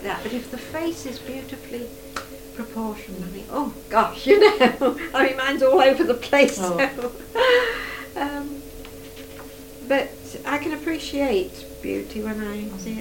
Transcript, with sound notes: But if the face is beautifully proportioned--
Mhm.
You think, ooh gosh! You know. [laughs] I mean, mine's all over the place!
Aw.
Erm. But I can appreciate beauty when I see it.